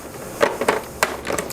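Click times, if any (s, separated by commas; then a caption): 1.0 s. A rechargeable battery is pushed into one of the battery slots on the back of a GVM ring light's control unit, producing a few light plastic knocks and scrapes. The battery clicks into the slot with a sharp click at 1.0 s and is seated.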